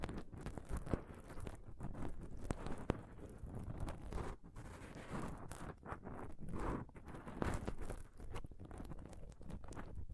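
Close-up scratching and touching on a microphone, a dense, restless rustle and scrape that never settles. Heavy low rumbling thumps run underneath, with sharper knocks and brief bright scrapes popping out every second or so, and a few short near-silent gaps around four and six seconds.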